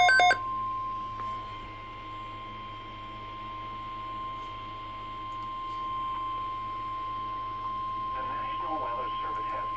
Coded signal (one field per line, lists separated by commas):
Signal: Emergency Alert System (SAME) tones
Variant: 1050 Hz attention tone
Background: speech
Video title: EAS # 83 SEVERE THUNDERSTORM WATCH